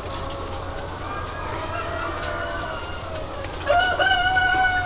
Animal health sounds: poultry house recording; healthy chickens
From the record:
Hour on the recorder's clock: 0

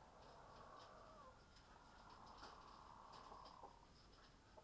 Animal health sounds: poultry house recording; sick chickens (respiratory disease)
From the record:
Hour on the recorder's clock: 19

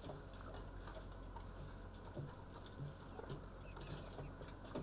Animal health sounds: poultry house recording; healthy chickens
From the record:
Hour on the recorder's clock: 9

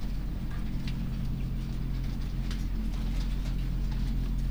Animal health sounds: poultry house recording; sick chickens (respiratory disease)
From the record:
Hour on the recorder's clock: 22

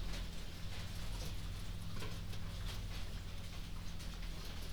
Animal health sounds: poultry house recording; healthy chickens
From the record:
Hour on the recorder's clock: 22

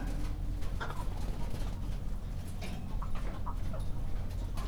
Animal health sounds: poultry house recording; sick chickens (respiratory disease)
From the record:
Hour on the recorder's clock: 1

